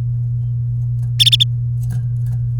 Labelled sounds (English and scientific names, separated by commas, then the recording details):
Domestic Canary (Serinus canaria) song
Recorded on 3 May 2018 at 16:53
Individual llb3